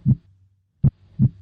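Three low, dull thumps sound in a regular lub-dub rhythm, with a long pause between beats. These are normal first and second heart sounds. The two sounds differ: one lands harder and the other softer, and this difference is the main key to recognising countable rhythms.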